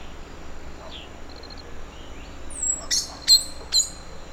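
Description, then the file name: Common blackbird calling: three sharp, metallic chink notes near the end, after faint short notes. "Turdus merula"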